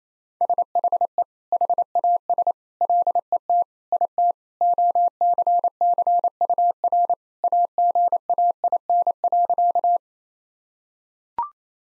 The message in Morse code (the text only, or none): SHE HAS LET IT OCCUR AGAIN.